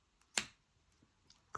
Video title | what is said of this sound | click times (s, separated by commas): How To Make a Bracelet with 2 hole beads, Sugulite Beads and Locking Crimps - tutorial | clicks into place like that | 0.4 s, 1.5 s